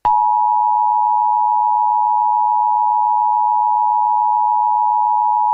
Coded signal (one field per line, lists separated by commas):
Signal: Emergency Alert System (SAME) tones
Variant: 853 and 960 Hz attention tone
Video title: Eas mock 911 TOE happened where i live